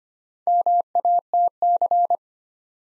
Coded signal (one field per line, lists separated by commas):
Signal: Morse code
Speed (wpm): 25 wpm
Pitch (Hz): 700 Hz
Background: none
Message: MATC